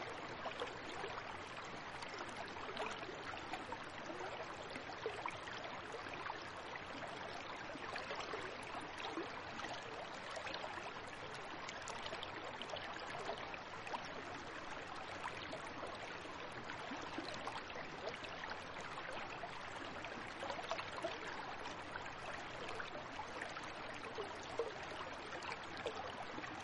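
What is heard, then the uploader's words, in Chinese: Water flows through a mountain valley in a steady, dense rush that stays even for the whole clip. Fine splashes and gurgles flicker constantly through a bright, hissing wash, with little low rumble and no other sounds standing out. 石门乡山谷流水。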